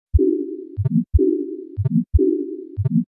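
Regular heartbeats at about 60 a minute, each followed by a long murmur: severe aortic regurgitation, heard through a stethoscope in an adult.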